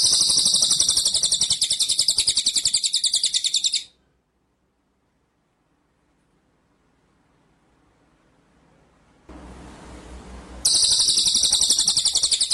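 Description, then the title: White-rumped shama, long high rattling trill of fast even pulses, stopping for several seconds of near silence, then resuming with the same buzzy rattle. Masteran (training) track for White-rumped shama; full ngerol (rolling song) with nembak style. "Masteran Murai Batu Full Ngerol Nembak"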